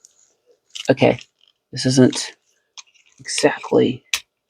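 A plastic panel of a Hot Rod Transformers action figure is worked by hand toward its slot in the figure's body, with small sharp handling clicks between stretches of someone talking. Nothing has seated or clicked home yet; the clip ends just before the part goes in.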